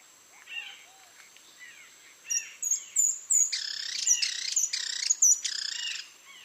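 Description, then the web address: Speckled spinetail calling: a few soft chirps, then a rapid burst of harsh, squeaky, harmonic notes, with a steady high-pitched whine throughout. "sound Speckled-spinetail. صدای-پرنده-دمخاری-خالدار"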